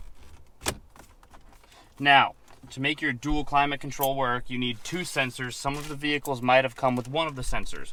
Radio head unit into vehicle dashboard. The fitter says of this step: that'll just snap right in